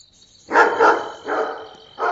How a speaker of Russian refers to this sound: Однако у вас сердитый пес. Мне кажется, он так и норовит укусить меня за ногу. Фу, Динго! Фу!